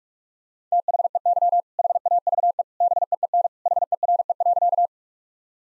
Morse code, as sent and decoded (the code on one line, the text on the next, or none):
- .... . -.-- / .... .- ...- . / -... . . -. / .... . .-. . .-.-.-
THEY HAVE BEEN HERE.